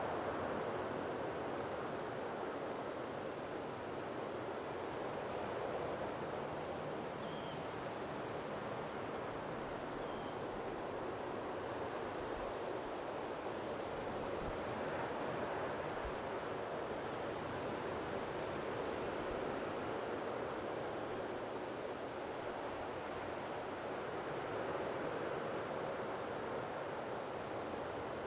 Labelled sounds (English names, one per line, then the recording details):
Dunlin
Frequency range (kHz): Dunlin 2.9-3.6 kHz
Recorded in France